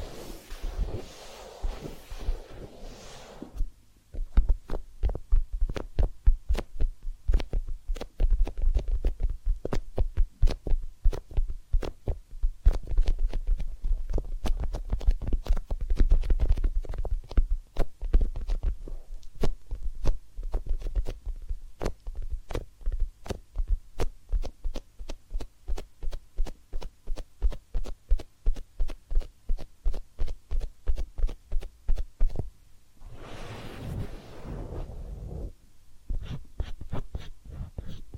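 Massage and ear cleaning sounds: a fast, regular series of sharp tapping clicks runs through most of the clip, over a low steady hum. Near the start and again around 33–36 seconds, denser rubbing or brushing noise fills in between the taps.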